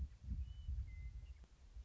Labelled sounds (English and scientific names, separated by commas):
Western Meadowlark (Sturnella neglecta)